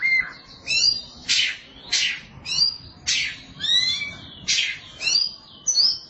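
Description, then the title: Oriental magpie-robin song: loud bursts of harsh, scratchy notes mixed with clear whistles, in a steady run of phrases. Song of the kacer. "Suara Kicauan Burung Kacer"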